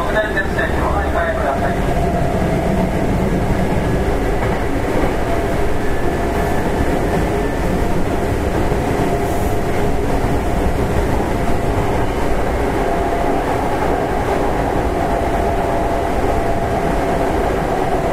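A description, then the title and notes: Inside an express train, a steady deep rumble and rolling hum fill all eighteen seconds at an even level. A faint tonal whine sits above the roar, and brief rattles near the start fade into the constant running noise of the carriage. 阪急6000系 宝塚線急行 梅田から宝塚まで. It is running sound of Hankyu Railway 6000 series train. I recorded on the express train of Takarazuka Line. The section is from Umeda to Takarazuka.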